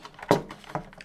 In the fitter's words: so what's this piece clicks just like that